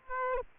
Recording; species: mosquito wingbeat signal from an infrared sensor; Aedes aegypti